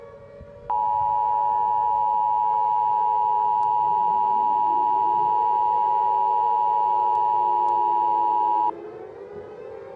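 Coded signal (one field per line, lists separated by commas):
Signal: Emergency Alert System (SAME) tones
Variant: 853 and 960 Hz attention tone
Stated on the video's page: Fictional EAS end-of-the-world scenario, not a real alert.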